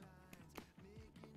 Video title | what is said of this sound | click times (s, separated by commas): Copenhagen Style | Easily snaps in, let's hear that. Ready? | 0.6 s